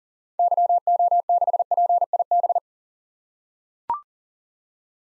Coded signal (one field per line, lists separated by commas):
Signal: Morse code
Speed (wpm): 40 wpm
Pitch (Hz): 700 Hz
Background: none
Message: YO6PIB